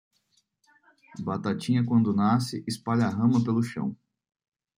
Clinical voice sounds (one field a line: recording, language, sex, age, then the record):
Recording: short text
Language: Brazilian Portuguese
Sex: male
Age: 20 to 29 years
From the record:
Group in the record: control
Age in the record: 24 years